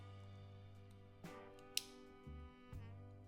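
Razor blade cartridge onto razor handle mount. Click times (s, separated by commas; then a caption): 1.8 s. A plastic razor blade cartridge is slid onto a razor handle mount after the handle button is pressed, over steady background music. A sharp snap at 1.8 s marks the cartridge seating, and it is attached to the handle.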